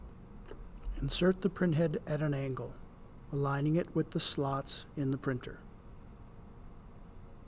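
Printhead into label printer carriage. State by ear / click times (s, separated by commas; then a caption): not seated / none. A printhead is inserted at an angle into an Afinia L901 label printer's carriage and lined up with the slots before being snapped in, while someone talks. The printhead has not yet seated or clicked into place.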